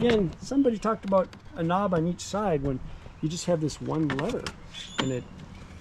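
A Ryobi lawn mower's folding handle is being handled at its single fold lever while someone talks, as it is about to fold over into its fold lock. The clip ends before the handle goes home, so nothing has seated or clicked yet.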